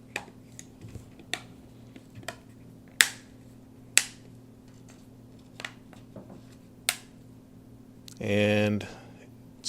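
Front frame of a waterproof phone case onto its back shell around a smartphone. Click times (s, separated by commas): 0.2 s, 1.3 s, 3.0 s, 4.0 s, 5.7 s, 6.9 s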